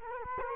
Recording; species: mosquito wingbeat signal from an infrared sensor; Culex quinquefasciatus